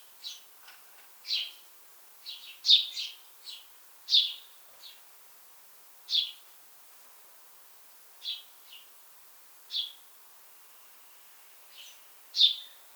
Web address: pub SETE data Passer domesticus